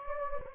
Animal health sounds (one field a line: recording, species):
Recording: mosquito wingbeat signal from an infrared sensor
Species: Anopheles gambiae